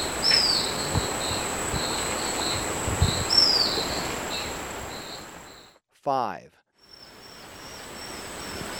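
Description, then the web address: Cinnamon neopipo song: two high, thin descending whistles early on over a constant insect whine and soft chirps, then a brief break and a short noisy burst. Ecuador. "Birds of Ecuador 31 Cinnamon Neopipo"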